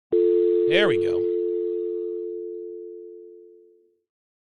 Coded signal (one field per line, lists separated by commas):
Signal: telephone call progress tone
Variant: North America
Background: speech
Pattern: dial tone